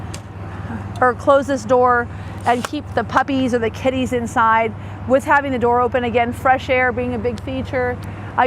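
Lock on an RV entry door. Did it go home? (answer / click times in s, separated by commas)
yes / 0.1 s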